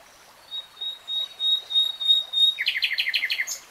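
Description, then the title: Nightingale song: a series of pure, drawn-out whistles swelling steadily louder, broken off by a fast rattling run of clipped notes. Singing, recorded in real time. "[Tiếng chim hót] 3 Hours REALTIME Nightingale Singing"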